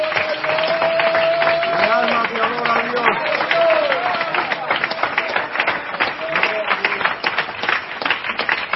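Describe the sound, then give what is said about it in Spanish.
Hands clap steadily and briskly for several seconds during a Sunday school church service, sharp, loud, rapid strikes that keep going while a voice speaks or chants over them. “Yo voy a aplaudir por algunos que no pueden.”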